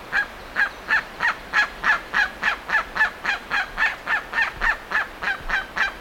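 Bird repeating harsh calls at an even pace, about three and a half per second, throughout.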